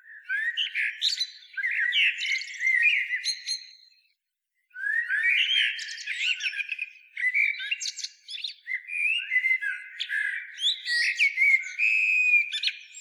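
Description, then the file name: Eurasian blackbird song: varied whistled and squeaky phrases, a short pause near four seconds, then a long dense run of warbling, chattering notes. "Turdus merula"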